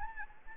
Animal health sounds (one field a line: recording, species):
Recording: mosquito wingbeat signal from an infrared sensor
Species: Anopheles gambiae